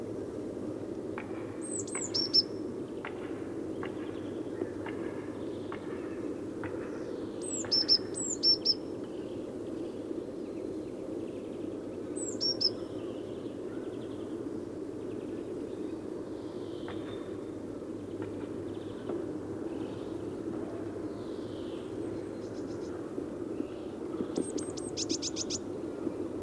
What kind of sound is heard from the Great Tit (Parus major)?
song